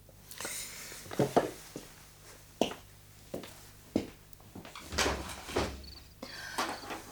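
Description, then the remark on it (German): A window being opened: a run of irregular clicks, knocks and rattles from the latch and frame, then a longer scraping slide before a few last taps. No one speaks. “Machen Sie doch das Fenster auf, bitte.”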